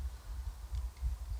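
A SIM card is lined up and slid into the slot of a POC Hybrid SMP PMC-998 handheld radio, before it is pressed home. Only soft, low handling noise over a steady low rumble is heard, with a brief faint rustle near 1.4 s. Nothing has seated or clicked yet.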